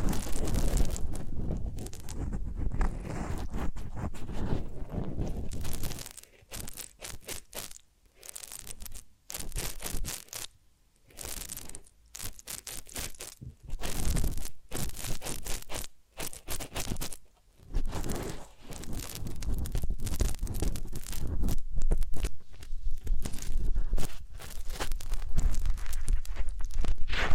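Massage and ear-cleaning sounds: rough rubbing and scratching rustles. For the first six seconds the rubbing is thick and continuous, then it breaks into short, uneven strokes with brief silences between, before turning steady and dense again from about eighteen seconds on.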